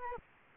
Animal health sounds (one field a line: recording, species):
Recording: mosquito wingbeat signal from an infrared sensor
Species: Culex quinquefasciatus